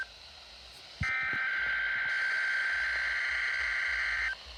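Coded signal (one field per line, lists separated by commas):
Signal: Emergency Alert System (SAME) tones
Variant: header bursts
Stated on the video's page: Required weekly tests on NOAA weather radio transmitters at 162.400–162.550 MHz.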